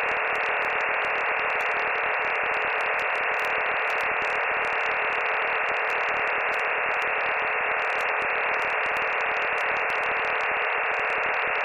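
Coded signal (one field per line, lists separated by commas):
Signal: digital SSTV (DRM)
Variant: HamDRM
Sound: steady dense hiss band with sharp edges, like rushing static, unchanged throughout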